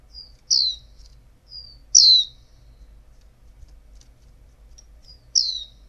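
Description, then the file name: Oriental white-eye calling with thin high chirps that slide downward, each loud note preceded by a softer one, spaced a second or more apart. Female. "pleci betina"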